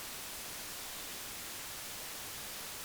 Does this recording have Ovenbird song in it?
no